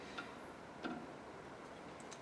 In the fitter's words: grab give it a firm grip and give it a pull until you hear it click